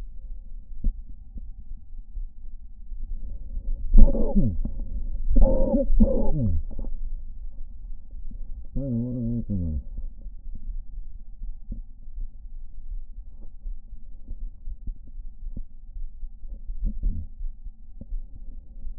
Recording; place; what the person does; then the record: lung sounds by stethoscope; left anterior apical chest; quiet breathing, then cough and speech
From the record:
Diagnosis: interstitial lung disease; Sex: male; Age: 61 years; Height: 172 cm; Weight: 71 kg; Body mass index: 24.0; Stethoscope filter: diaphragm mode